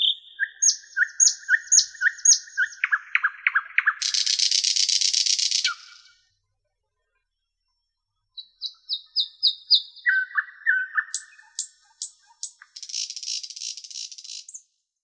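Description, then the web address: Nightingale singing varied phrases: repeated clipped notes, a harsh buzzing trill, a pause, then fresh series of sharp notes ending in another rattle. "soorten sounds N Nightingale"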